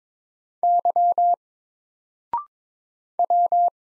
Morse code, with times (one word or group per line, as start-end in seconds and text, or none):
0.6-1.3 Y
3.2-3.7 W